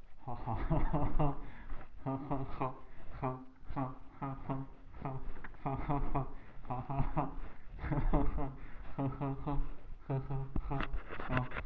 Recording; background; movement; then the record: laughter; quiet; walking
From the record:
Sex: male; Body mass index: 23.7 kg/m2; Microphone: on the chest, facing the body